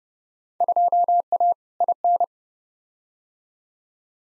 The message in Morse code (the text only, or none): 2A IN